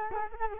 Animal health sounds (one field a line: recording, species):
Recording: mosquito wingbeat signal from an infrared sensor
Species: Culex quinquefasciatus